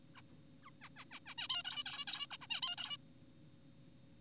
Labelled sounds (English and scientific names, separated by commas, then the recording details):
Zebra Finch (Taeniopygia guttata)
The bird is an adult
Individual g4p5U